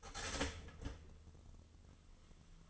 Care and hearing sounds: daily activity, microphone in the room; start toaster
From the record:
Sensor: 4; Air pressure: 1010.0 hPa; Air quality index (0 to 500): 181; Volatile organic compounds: 5 ppm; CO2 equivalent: 1827 ppm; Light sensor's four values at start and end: 22/67/26/26 and 22/67/26/26

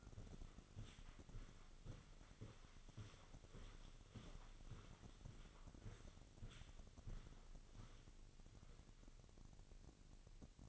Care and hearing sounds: daily activity, microphone in the room; walk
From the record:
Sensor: 4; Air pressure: 1010.1 hPa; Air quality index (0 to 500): 172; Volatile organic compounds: 2 ppm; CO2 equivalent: 1248 ppm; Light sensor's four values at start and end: 54/135/56/62 and 54/135/57/62

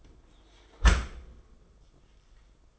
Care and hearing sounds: daily activity, microphone in the room; close dishwasher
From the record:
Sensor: 5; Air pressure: 990.6 hPa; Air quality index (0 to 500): 167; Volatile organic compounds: 338 ppm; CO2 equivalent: 4561 ppm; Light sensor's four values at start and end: 37/114/44/47 and 38/114/44/47

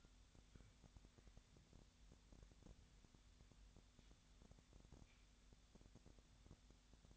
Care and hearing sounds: daily activity, microphone in the room; wipe stove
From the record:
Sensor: 3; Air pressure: 1007.0 hPa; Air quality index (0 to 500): 205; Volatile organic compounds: 18 ppm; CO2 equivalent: 2630 ppm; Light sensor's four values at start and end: 12/28/12/11 and 12/27/11/11

